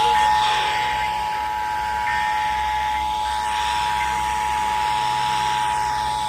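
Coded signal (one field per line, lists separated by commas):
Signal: Emergency Alert System (SAME) tones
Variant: 853 and 960 Hz attention tone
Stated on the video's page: Required monthly test relayed simultaneously by several FM stations from the originating FM station.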